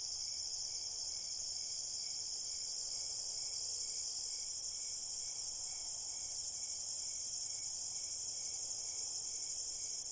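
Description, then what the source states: Steady high-pitched cricket chirping, quick and rhythmic, over an even wash of shrill insect buzzing. Crickets at night in a cornfield.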